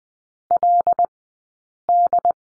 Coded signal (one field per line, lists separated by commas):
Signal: Morse code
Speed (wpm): 20 wpm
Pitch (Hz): 700 Hz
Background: none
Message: LD